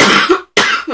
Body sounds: coughing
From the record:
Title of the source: 64 coughing, allergies, singing lungs

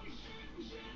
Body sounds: background sound without coughing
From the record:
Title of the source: BackgroundMusic

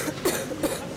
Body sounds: coughing mixed with background sound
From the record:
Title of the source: Single wet cough

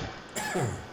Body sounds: coughing mixed with background sound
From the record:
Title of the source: Mid-morning Winter Coughing Fit

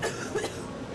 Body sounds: coughing mixed with background sound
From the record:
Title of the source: 30 Chesty and wet cough

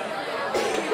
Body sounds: coughing mixed with background sound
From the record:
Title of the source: 60 coughing still (deep and wet cough)

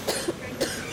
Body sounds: coughing mixed with background sound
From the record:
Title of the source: 55 gaggy wet cough

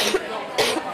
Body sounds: coughing mixed with background sound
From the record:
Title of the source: 61 morning phlegmy cough...again

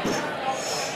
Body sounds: coughing mixed with background sound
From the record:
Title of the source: Spring Cold Coughing 3

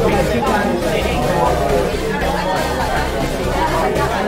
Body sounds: background sound without coughing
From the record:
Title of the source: Nightlife Party Simulating Party Club Noise 1 Hour

